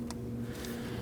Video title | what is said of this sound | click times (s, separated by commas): How to Replace Oil Pressure Switch 2011-2016 Kia Optima | Make sure that you hear a click | 0.1 s